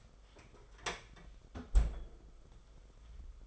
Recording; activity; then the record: daily activity, microphone in the room; close fridge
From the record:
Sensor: 5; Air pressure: 991.2 hPa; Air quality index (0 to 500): 112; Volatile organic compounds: 29 ppm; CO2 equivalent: 2930 ppm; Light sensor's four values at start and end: 37/109/42/45 and 36/109/42/45